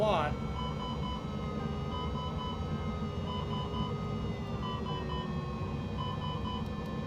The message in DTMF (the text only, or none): none